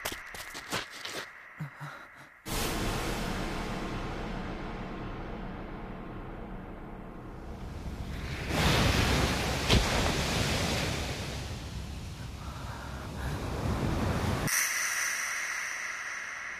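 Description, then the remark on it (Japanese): Ocean waves break on the shore in a steady, hissing roar that swells louder midway through before settling again. No one speaks, and other brief sounds appear at the start and end. “これが海なの。”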